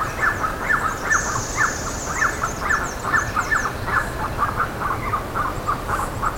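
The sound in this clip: Bird uttering quick, slightly uneven clusters of falling notes, with a high, thin trill and scattered chips above.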